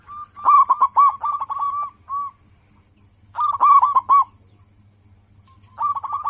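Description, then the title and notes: Zebra dove song: two bursts of rapid, resonant cooing notes separated by a pause, with another phrase starting at the end over a faint low hum. Local-type zebra dove singing prolifically, its voice described as loud, clear and crystal-like. "PERKUTUT LOKAL GACOR Suara KRISTAL LANTANG. Kicau Burung Perkutut"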